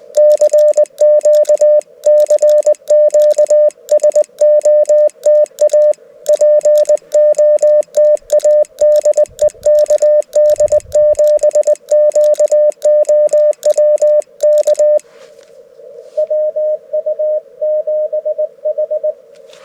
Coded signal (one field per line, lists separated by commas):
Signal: Morse code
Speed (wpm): 20 wpm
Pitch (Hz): 600 Hz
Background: none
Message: CQ CQ SOTA POTA DE KD7QOW K WU7H